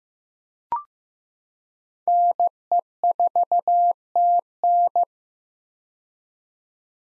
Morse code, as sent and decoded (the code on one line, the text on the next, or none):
-. . ....- - -.
NE4TN